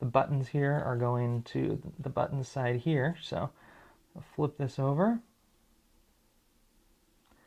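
Someone talks for about five seconds while the circuit board of a 1998–2005 BMW E46 3 Series diamond key fob, fitted with a new coin battery, is handled before being flipped over and pressed back into its plastic fob housing. After the talking stops, only a faint low background hum remains. The board has not seated or clicked into the housing yet.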